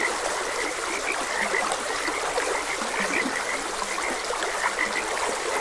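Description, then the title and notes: Frogs croaking in short, repeated notes, some high and chirpy, others low and brief, over a steady rushing of stream water. Frogs croaking beside a gentle stream. "Frogs Croaking. Sleep and Relaxation Podcast"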